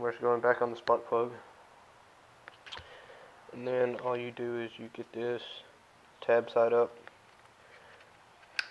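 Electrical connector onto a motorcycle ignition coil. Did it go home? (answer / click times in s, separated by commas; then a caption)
yes / 8.6 s. A plastic electrical connector is turned tab side up and pushed onto the ignition coil of a 2007 ZZR600 motorcycle during a spark plug change. Someone talks, with small clicks near 2.5 and 2.7 seconds. A single sharp snap at 8.6 seconds marks the connector latching into place.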